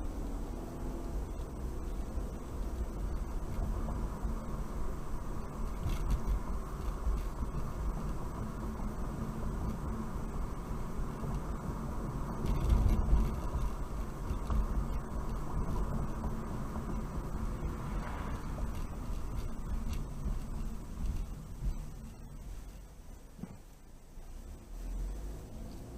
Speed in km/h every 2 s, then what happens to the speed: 19, 35, 39, 40, 39, 39, 40, 37, 35, 31, 21, 8, 10.
0-6 speeds up to 40. 6-13 steady at about 39. 13-22 brakes to 8.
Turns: none.